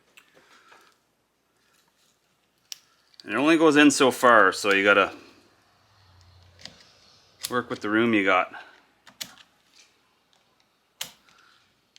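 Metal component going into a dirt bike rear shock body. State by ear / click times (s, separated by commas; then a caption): seated / 9.2 s, 11.0 s. During reassembly of a needle-fill-style rear shock on a 2012 KX250F dirt bike, a metal component is worked into the shock body with a screwdriver in a tight space while someone talks. Sharp clicks are heard at 9.2 s and 11.0 s as the component seats in the shock body.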